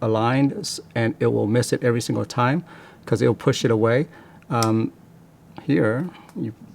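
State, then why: Not seated. A magnetic charging cable is handled near the charging contacts on the arm of a pair of smart sunglasses, where only one orientation lets the magnet align. Someone talks throughout, with no click or snap heard, and nothing has seated or clicked yet.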